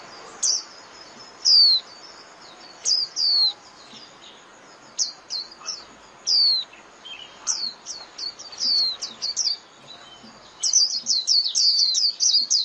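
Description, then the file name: White-eye calls: thin high downslurred notes spaced irregularly, building to a rapid twittering run at the end. Lure call used for trapping (mồi). "Tieng khuyen moi"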